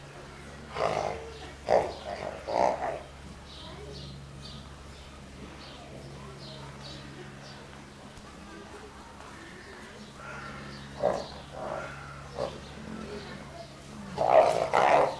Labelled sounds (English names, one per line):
Jaguar call